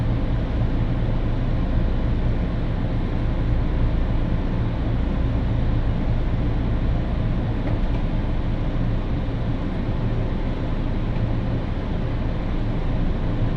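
A ride aboard a train on the Tokaido Main Line, with a steady, dense rumble that stays even from start to finish. Deep low droning tones run underneath a constant rushing noise, and no distinct events, announcements or changes in speed stand out.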